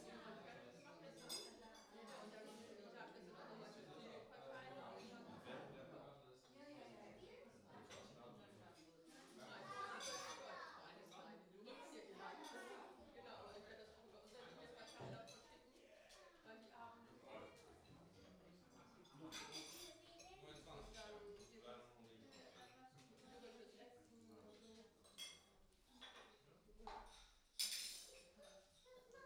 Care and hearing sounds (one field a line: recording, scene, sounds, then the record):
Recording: everyday scene through a hearing-aid microphone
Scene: many people talking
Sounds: many voices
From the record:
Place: parish hall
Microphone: in the ear canal, right